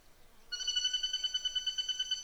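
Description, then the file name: Greater flameback calling in one sustained, evenly pulsed ringing trill that begins suddenly and holds a level pitch until the end. "suara pelatuk tunggir emas"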